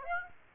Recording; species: mosquito wingbeat signal from an infrared sensor; Aedes aegypti